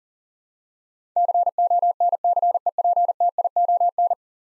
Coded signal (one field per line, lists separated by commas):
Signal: Morse code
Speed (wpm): 40 wpm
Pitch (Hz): 700 Hz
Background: none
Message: CONCEPTION